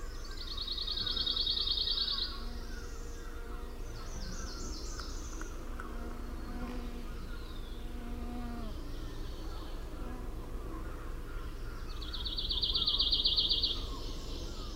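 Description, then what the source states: Pine warbler trill: two short, even, buzzy trills at a high pitch, about eleven seconds apart, over steady low background noise. Recorded on 22 June 2001.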